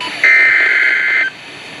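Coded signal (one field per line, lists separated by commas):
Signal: Emergency Alert System (SAME) tones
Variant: header bursts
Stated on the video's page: Severe thunderstorm warning from the National Weather Service received via a weather radio station.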